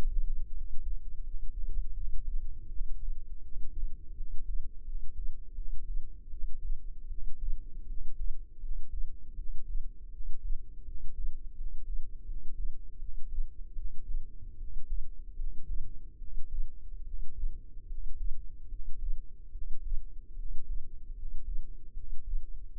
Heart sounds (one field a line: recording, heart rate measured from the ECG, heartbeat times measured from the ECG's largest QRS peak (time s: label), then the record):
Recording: heart sounds by microphone in the left ear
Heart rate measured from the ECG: 78 bpm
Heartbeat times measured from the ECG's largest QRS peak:
0.52 s: heartbeat
1.22 s: heartbeat
1.93 s: heartbeat
2.66 s: heartbeat
3.42 s: heartbeat
4.14 s: heartbeat
4.84 s: heartbeat
5.54 s: heartbeat
6.29 s: heartbeat
7.07 s: heartbeat
7.86 s: heartbeat
8.59 s: heartbeat
9.34 s: heartbeat
10.09 s: heartbeat
10.84 s: heartbeat
11.54 s: heartbeat
12.24 s: heartbeat
12.98 s: heartbeat
13.74 s: heartbeat
14.56 s: heartbeat
15.35 s: heartbeat
16.17 s: heartbeat
17.03 s: heartbeat
17.86 s: heartbeat
18.67 s: heartbeat
19.50 s: heartbeat
20.34 s: heartbeat
21.13 s: heartbeat
21.92 s: heartbeat
22.71 s: heartbeat
From the record:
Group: healthy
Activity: cold pressor test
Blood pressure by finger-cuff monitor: 104/71 mmHg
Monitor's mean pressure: 78 mmHg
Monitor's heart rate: 80 bpm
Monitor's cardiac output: 6 L/min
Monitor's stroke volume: 75 mL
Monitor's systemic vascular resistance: 920 dyn s/cm5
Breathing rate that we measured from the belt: 18 breaths a minute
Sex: male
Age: 21 years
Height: 170 cm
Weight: 71 kg